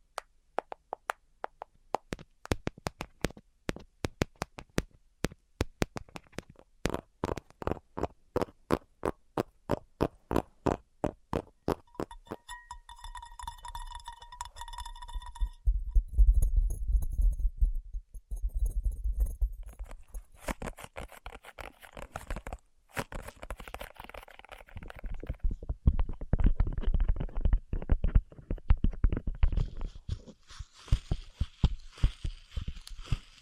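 Tapping in a quick, regular stream of sharp clicks fills the first twelve seconds, each tap crisp and bright. After that a steady high tone comes in with lighter ticking, followed by denser, deeper thuds and scratchy rustling, and one sharp knock lands around twenty-three seconds.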